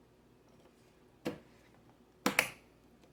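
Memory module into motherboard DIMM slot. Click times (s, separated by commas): 2.3 s, 2.4 s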